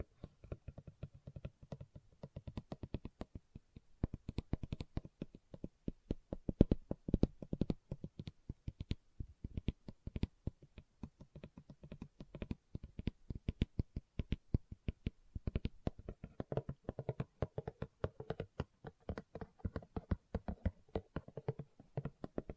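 Leather tapped and scratched in a quick, uneven stream of dull, low knocks, dense throughout with brief pauses, around four and nine seconds.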